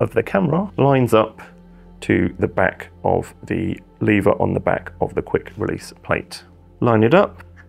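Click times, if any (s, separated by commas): none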